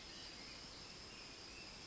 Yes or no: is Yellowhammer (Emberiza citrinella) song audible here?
no